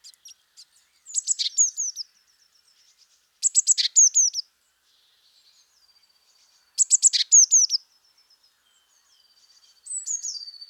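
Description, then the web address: Eurasian blue tit calling: three phrases of rapid high ticking notes ending in short falling whistles, spaced roughly three seconds apart, with another phrase starting at the end. "pub SETE data Cyanistes caeruleus"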